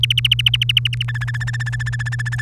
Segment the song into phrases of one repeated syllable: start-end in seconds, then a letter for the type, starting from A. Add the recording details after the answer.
0.03-1.03 A, 1.08-2.42 B. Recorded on 3 May 2018 at 06:08. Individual llb3